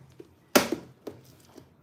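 A bottom piece held by a door plate, which had not been in place, is pushed by hand and snaps into place with a loud, sharp snap at 0.6 s. A fainter knock follows at 1.1 s, and the piece is then seated.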